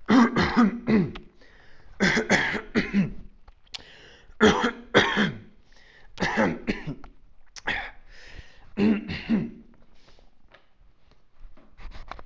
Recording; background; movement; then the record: throat clearing; quiet; sitting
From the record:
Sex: male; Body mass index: 21.0 kg/m2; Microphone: on the chest, facing outward